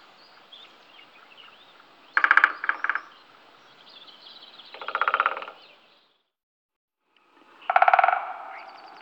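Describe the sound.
Great spotted woodpecker drumming, three short rolls of rapid knocks, over a background of soft birdsong.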